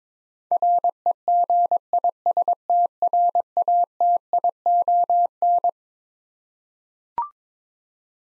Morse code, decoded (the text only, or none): REGISTRATION